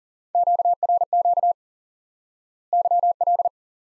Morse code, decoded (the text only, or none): QRQ YL